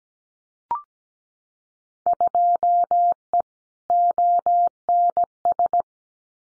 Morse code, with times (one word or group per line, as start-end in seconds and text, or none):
2.1-3.4 2E
3.9-5.8 ONS